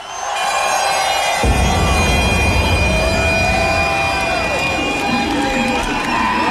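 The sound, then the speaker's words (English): A club crowd at Scream in Plymouth, during a live Radio 1 Essential Mix broadcast, cheers and claps for a DJ in a loud, sustained roar, with a deep rumble swelling in after a second and holding steady to the end. “Put your hands together for ….”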